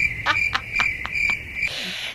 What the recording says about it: This particular person liked crickets we Bluetoothed him into his cell phone with his maskers, and he was able to design his own tinnitus masker. He had a ton of different options and an app called Resound. Relief.